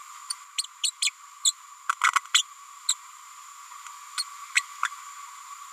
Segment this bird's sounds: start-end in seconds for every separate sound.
0.58-0.63, 0.83-0.91, 1.02-1.10, 1.45-1.52, 1.89-1.92, 2.03-2.11, 2.34-2.42, 2.88-2.94, 4.17-4.23, 4.55-4.61, 4.85-4.88